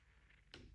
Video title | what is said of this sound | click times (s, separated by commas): Agilent Maintenance: Roughing Pump MVP 070-3 | I'm hearing that click right now, so we should be good. | 0.5 s